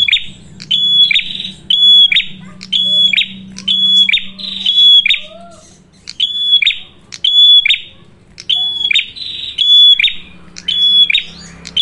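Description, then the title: Prinia call: loud high sharp notes with a flat whistled tone, in bursts repeated about once a second, over a low steady hum. Lure recording (pancingan) for attracting and training birds (pikat, masteran); red-headed prenjak described as gacor, a vigorous caller. "Masteran Duet Cililin Vs Kapas Tembak. Pancingan Prenjak Kepala Merah Gacor [ Sangat Cocok banget Untuk Pikat dan Masteran ]"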